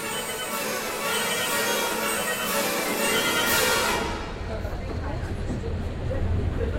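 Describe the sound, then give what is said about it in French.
An RER line A commuter train's steady rumble at its terminus, Marne-la-Vallée–Chessy station serving Disneyland Paris, France, also a TGV station. Bright, hissing noise drops away after a few seconds, leaving a deeper low-pitched drone, with faint indistinct voices mixed in. “Donc, terminus de la ligne A, qui est aussi une gare TGV, puisqu'il faut bien desservir un parc d'attractions de cette ampleur.”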